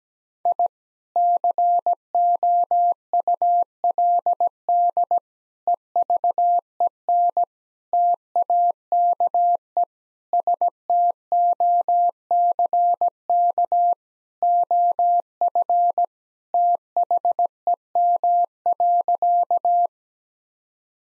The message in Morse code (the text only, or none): I COULD EVEN TAKE STOCK OF THEM.